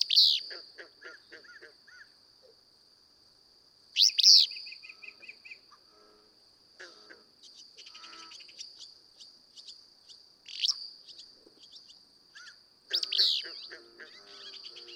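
Willow flycatcher singing its brief, raspy phrase four times throughout, among scattered chips from other birds and a steady high-pitched insect buzz.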